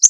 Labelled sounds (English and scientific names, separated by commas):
Connecticut Warbler (Oporornis agilis) flight call